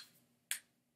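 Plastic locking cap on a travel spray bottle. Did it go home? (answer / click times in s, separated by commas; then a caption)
yes / 0.5 s. The plastic locking cap on a travel insect-repellent spray bottle is turned until it clicks shut; it takes three clicks to close it. One sharp, bright click is heard at 0.5 s over a faint low hum. The cap is clicked closed.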